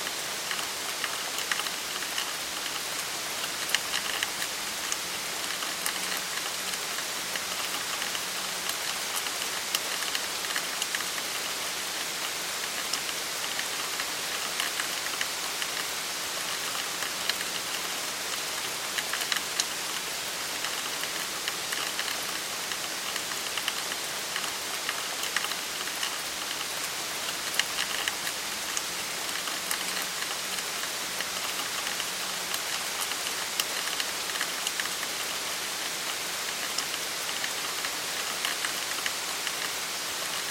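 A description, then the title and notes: Light rain falls steadily throughout, a dense, even hiss of fine drops with bright ticks and patters scattered on top. The level holds constant without pauses, and a faint low hum sits in the background. Light Rain.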